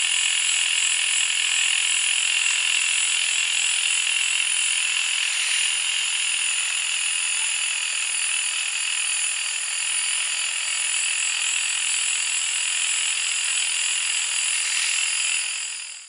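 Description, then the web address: Cinnamon-rumped foliage-gleaner song: a long, steady, buzzy rattle with bright overtones, continuing throughout and fading out at the very end. Song given in response to playback, eastern lowlands of South America. "ENTER Music and Audio. Nature Songs S America Eastern Lowlands. Philydor pyrrhodes, song pb"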